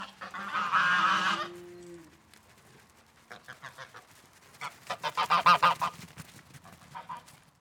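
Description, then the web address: Domestic goose: domestic geese give a loud honking burst, go quieter for a few seconds, then break into a run of rhythmic, repeated honks. Several domestic geese honking and moving around a farm yard. "GDC 2016-Game Audio Bundle Sound Ex Machina - Animal Farm Gooses honking and moving around the yard"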